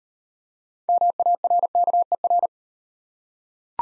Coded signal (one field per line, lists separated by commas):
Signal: Morse code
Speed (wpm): 40 wpm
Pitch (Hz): 700 Hz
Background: none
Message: MARKER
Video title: Easy Words - Speed-Racing with Hints - 30wpm